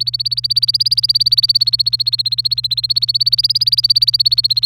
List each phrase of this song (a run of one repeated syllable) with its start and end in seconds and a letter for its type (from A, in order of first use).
0.00-4.65 A